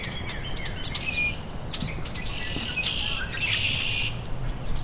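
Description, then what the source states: Rusty Blackbird delivering high, harsh, squeaky buzzes in two main bursts, with thin whistled notes before them and faint low background noise. Male singing from dogwood; described as quiet, with a very high-pitched vocalization; singing about 30 minutes after its last songs.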